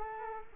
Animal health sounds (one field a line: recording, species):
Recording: mosquito wingbeat signal from an infrared sensor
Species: Culex quinquefasciatus